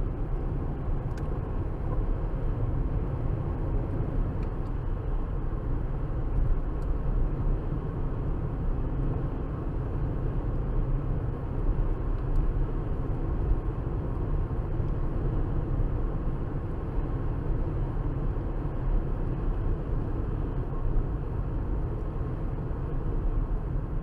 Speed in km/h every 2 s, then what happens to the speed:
71, 77, 81, 79, 79, 79, 81, 82, 82, 82, 82, 77.
0-3 speeds up to 81. 3-20 steady at about 81.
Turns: none.